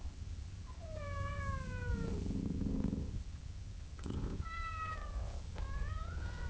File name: Cat gently meowing and purring in long intervels